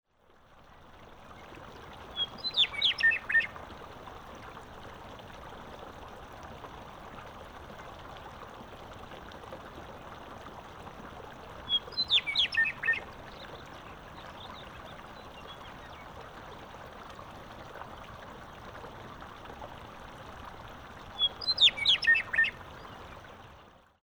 A Western meadowlark calls out on a spring day. The song of the Western meadowlark is easily distinguished from most other bird calls, including its relative the Eastern meadowlark.